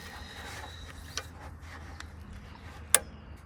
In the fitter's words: there it goes you can hear that click there it goes off it comes